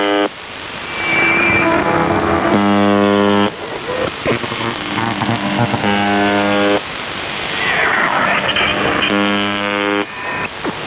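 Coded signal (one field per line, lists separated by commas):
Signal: channel marker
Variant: UVB-76 (The Buzzer)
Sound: harsh low buzzes about a second long, two or three of them, between rough noisy gaps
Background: radio static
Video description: "The Buzzer" is a Russian military radiostation that broadcasts on 4625 kHz.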